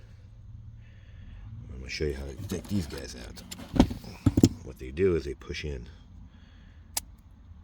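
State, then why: Seated. A plastic push-in trim screw (push rivet) is pushed by hand into a dashboard trim panel on a 2025-2027 Toyota Camry to show how these fasteners work, while someone talks. A single sharp click is heard at 7.0 s as the clip locks into place and seats.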